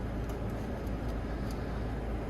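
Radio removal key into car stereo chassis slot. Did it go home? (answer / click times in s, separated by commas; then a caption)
no / none. A second radio removal key is pushed into the slot on the other side of an Xzent stereo's chassis in a Fiat Ducato, over a steady, low rumbling background with a few faint, light high-pitched ticks. No click is heard and the key has not seated, although it still grips the clip.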